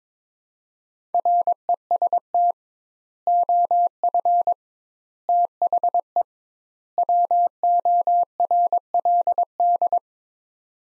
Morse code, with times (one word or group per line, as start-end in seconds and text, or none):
1.1-2.5 REST
3.3-4.5 OF
5.3-6.2 THE
7.0-10.0 WORLD